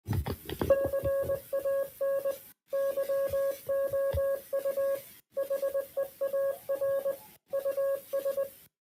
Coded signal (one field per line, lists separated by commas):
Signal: Morse code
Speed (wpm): 20 wpm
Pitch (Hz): 550 Hz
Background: none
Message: CAN YOU HEAR US